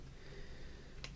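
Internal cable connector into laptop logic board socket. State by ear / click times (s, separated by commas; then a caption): seated / 1.0 s. A small plastic internal cable connector is pressed by hand into its socket on a laptop logic board, with only a low steady hum beforehand. At 1.0 s it snaps into place with a single sharp, Lego-like click, and the connector is seated.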